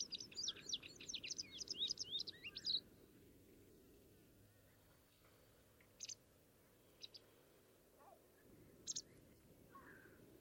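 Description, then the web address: White wagtail calls, a rapid run of sharp high chirps for nearly three seconds, then a few isolated short notes over a low steady background rumble. "cianscape birddata Deverinetal 2025"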